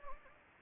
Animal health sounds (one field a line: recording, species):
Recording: mosquito wingbeat signal from an infrared sensor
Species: Anopheles gambiae